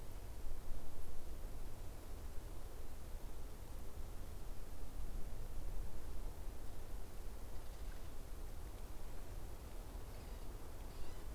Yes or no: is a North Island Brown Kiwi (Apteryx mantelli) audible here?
no